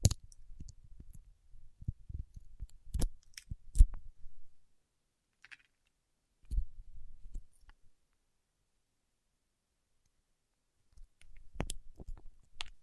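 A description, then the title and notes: Wax rubbed and pressed against fingertips in three bursts: dense sticky clicks and soft crackles from the start to about 4.5 seconds, a shorter patch near 6.5 to 7.5 seconds, and another from 11 seconds on. Sharp bright snaps stand out among low rustling, with silence between bursts. ASMR with Wax Fingertips for Sleep (No Talking).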